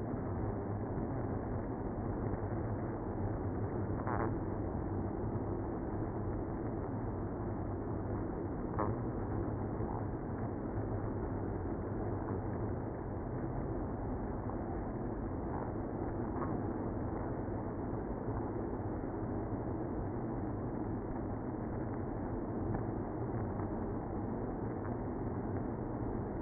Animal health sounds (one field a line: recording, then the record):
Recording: honeybee colony, microphone inside the hive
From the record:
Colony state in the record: queenless (queen removed)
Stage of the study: after two queens were removed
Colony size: about 60,000 bees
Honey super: yes